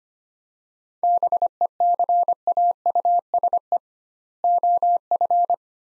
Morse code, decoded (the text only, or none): BECAUSE OF